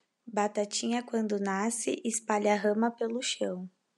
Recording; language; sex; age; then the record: short text; Brazilian Portuguese; female; 20 to 29 years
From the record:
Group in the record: control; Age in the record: 27 years